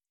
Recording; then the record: hydrophone in a shrimp aquaculture tank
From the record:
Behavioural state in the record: feeding